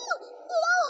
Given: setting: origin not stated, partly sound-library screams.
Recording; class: one-second piece from a danger detection set; woman in danger